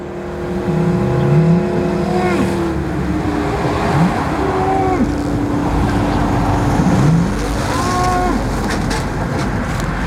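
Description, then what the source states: Belgian Blue cattle mooing, several low harmonic moos over the loud, steady roar of motorway traffic. Belgian Blue met face to face beside a road, with motorway noise all around on open ground lacking hills or folds to mask it.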